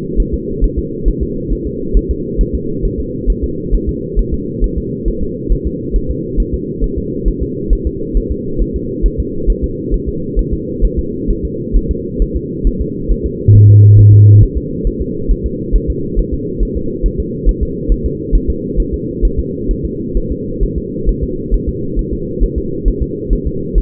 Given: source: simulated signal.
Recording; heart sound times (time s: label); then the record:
fetal heart sounds
0.20 s: S1
0.34 s: S2
0.64 s: S1
0.78 s: S2
1.08 s: S1
1.23 s: S2
1.53 s: S1
1.67 s: S2
1.97 s: S1
2.11 s: S2
2.41 s: S1
2.55 s: S2
2.85 s: S1
3.00 s: S2
3.30 s: S1
3.44 s: S2
3.75 s: S1
3.89 s: S2
4.19 s: S1
4.34 s: S2
4.64 s: S1
4.78 s: S2
5.08 s: S1
5.23 s: S2
5.52 s: S1
5.67 s: S2
5.96 s: S1
6.11 s: S2
6.40 s: S1
6.54 s: S2
6.84 s: S1
6.98 s: S2
7.28 s: S1
7.43 s: S2
7.73 s: S1
7.87 s: S2
8.17 s: S1
8.32 s: S2
8.62 s: S1
8.76 s: S2
9.06 s: S1
9.20 s: S2
9.50 s: S1
9.64 s: S2
9.94 s: S1
10.09 s: S2
10.39 s: S1
10.53 s: S2
10.85 s: S1
10.99 s: S2
11.30 s: S1
11.45 s: S2
11.76 s: S1
11.91 s: S2
12.22 s: S1
12.36 s: S2
12.67 s: S1
12.82 s: S2
13.11 s: S1
13.26 s: S2
13.55 s: S1
13.70 s: S2
13.99 s: S1
14.14 s: S2
14.43 s: S1
14.58 s: S2
14.87 s: S1
15.02 s: S2
15.31 s: S1
15.46 s: S2
15.76 s: S1
15.90 s: S2
16.19 s: S1
16.34 s: S2
16.63 s: S1
16.77 s: S2
17.06 s: S1
17.20 s: S2
17.49 s: S1
17.63 s: S2
17.92 s: S1
18.06 s: S2
18.35 s: S1
18.50 s: S2
18.80 s: S1
18.94 s: S2
19.25 s: S1
19.39 s: S2
19.71 s: S1
19.85 s: S2
20.17 s: S1
20.32 s: S2
20.63 s: S1
20.78 s: S2
21.09 s: S1
21.23 s: S2
21.54 s: S1
21.69 s: S2
21.99 s: S1
22.13 s: S2
22.44 s: S1
22.58 s: S2
22.88 s: S1
23.02 s: S2
23.33 s: S1
23.47 s: S2
23.78 s: S1
From the record:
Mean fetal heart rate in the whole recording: 135 bpm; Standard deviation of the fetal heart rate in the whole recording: 3 bpm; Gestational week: 36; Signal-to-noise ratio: -6.6 dB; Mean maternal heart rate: 72 bpm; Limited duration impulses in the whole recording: present